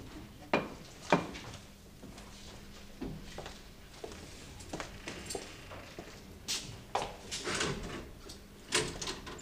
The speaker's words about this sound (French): La porte s'ouvre.